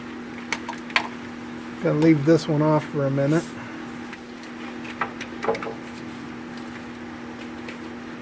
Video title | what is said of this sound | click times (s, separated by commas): 4R100 Transmission Remove & REPLACE Ford Super Duty V10 4X4 - Step-by-Step Guide 1997 - 2003 | Until you hear it click. | 0.5 s, 1.0 s